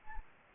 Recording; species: mosquito wingbeat signal from an infrared sensor; Anopheles gambiae